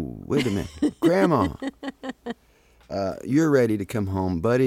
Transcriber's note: soundbite of laughter